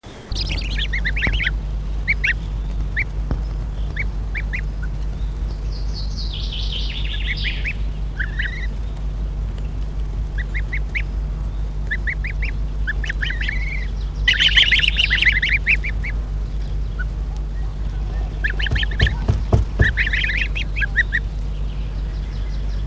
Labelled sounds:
Greylag Goose call
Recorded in the wild
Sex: group
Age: juvenile
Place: Petershain, Niederlausitz, Sachsen, DE
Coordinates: 51.3167, 14.7514
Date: 1963-06-10
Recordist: Meyer, Hugo

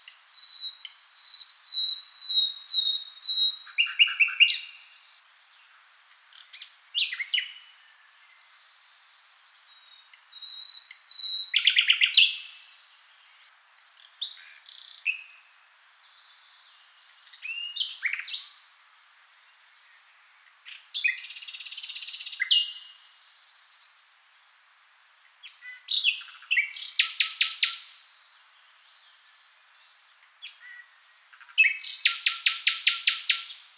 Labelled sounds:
Common Nightingale
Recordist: Frommolt, Karl-Heinz
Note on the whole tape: Gesang

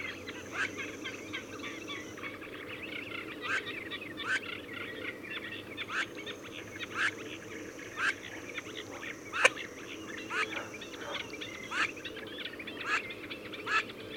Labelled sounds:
Eurasian Teal call
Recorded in the wild
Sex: female
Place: Blankensee, Mecklenburg-Vorpommern, DE
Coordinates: 53.404, 13.221
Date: 1982-06-05 22:00
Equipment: Nagra III BH, Sennheiser MD 21, parabola
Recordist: Schubert, Michael

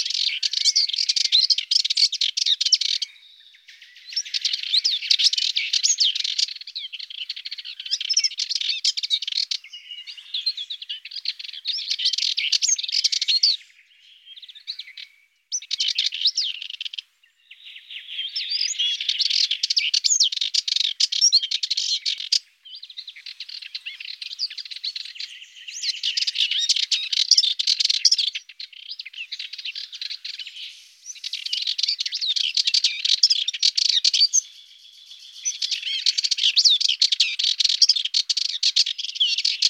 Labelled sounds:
Subalpine Warbler song
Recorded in the wild
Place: St. Laurent des Arbres und Umgebung, FR
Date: 1997-04-28
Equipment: Dat-Recorder Casio DA 7, Telinga DAT, stereo, Telinga-Parabolspiegel
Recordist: Schwarz, Dieter
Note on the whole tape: Song

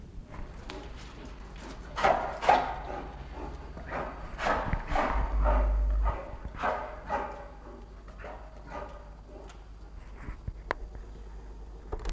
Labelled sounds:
Brown Bear snorting
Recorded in captivity
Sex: male
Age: adult
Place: Märkisches Museum Berlin, Berlin, DE
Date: 1967-01-30
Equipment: Tesla Uran, Grundig Mikrofon
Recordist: Ziesing

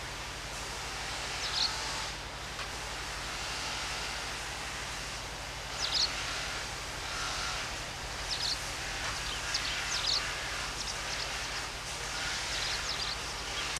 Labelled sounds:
White Wagtail song
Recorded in the wild
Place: Ormont-Dessous, Kanton Waadt, CH
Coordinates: 45.3597, 7.19972
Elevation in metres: 1690
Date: 1986-05-22
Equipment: Uher 4000 Report, Sennheiser MKH 815 T
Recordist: Tretzel, Erwin

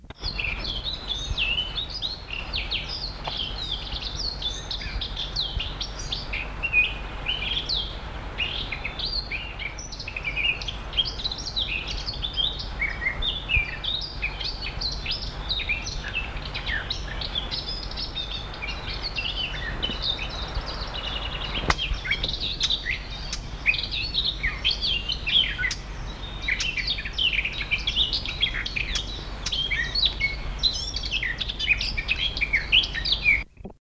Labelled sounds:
Eurasian Blackcap
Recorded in the wild
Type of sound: song, alarm call
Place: Spessart, Bayern, DE
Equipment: Halbspur, 9,5 cm/s
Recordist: Lütgens, Hans
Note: Gesang und Warnen

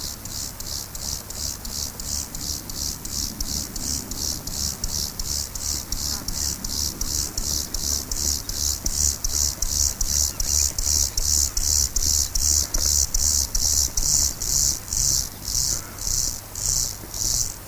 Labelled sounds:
Lesser Field Grasshopper stridulation
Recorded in the wild
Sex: male
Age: imago
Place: Köppchensee, Berlin, DE
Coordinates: 52.6167, 13.3667
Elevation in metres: 40
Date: 2000-08-30 12:43
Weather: sonnig, 18 - 20°C
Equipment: Nagra SN, Kopie Uher 4000 Report Monitor
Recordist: Tembrock, Günter
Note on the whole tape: Einzelnes Männchen: Stridulation (in Sonne)

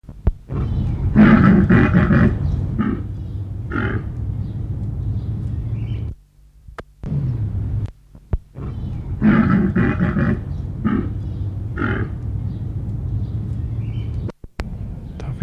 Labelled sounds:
Père David's Deer call
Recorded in captivity
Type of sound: call
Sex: male
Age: adult
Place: Zoo Halle, Sachsen-Anhalt, DE
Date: 1976-07-26 17:30
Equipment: Uher CR 210, Sennheiser MD 421 HL, Verstärker, Kopie Uher Variocord
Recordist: Tembrock, Günter
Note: Lautfolgen, am Gitter zu Weibchengehege. Abstand: 15 m

